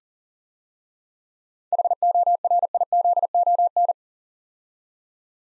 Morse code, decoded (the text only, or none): HORIZON